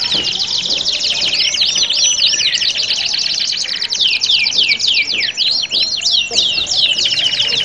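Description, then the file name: Canary singing steadily, with rapid high trills and chains of looping, swooping whistled notes that run without a break through the whole stretch. Simulated standard-class canary singing contest. "audio simulasi lomba kenari standar. omkicau"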